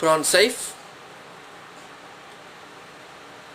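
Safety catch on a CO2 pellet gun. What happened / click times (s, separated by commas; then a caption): Handled, not yet home: no seating click heard / none. Someone talks briefly while handling the safety catch of a 2240 CO2 pellet gun to put it on safe, followed by about three seconds of steady low hiss. Nothing has seated or clicked yet.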